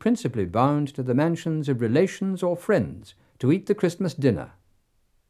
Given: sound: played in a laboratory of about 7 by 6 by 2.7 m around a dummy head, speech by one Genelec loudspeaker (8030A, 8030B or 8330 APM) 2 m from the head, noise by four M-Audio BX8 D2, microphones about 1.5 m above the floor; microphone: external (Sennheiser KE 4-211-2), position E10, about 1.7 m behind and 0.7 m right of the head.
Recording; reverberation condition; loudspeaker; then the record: male speech in English; low; 150 degrees to the right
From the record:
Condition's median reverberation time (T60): about 310 ms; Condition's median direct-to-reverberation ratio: about 3.5 dB